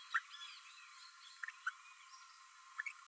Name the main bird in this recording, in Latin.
Forpus passerinus